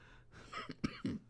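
A quick run of about three short, harsh coughs from an adult man in a small room, the last one the loudest and longest; a brief cough from someone still getting over an illness caught over Thanksgiving, possibly flu.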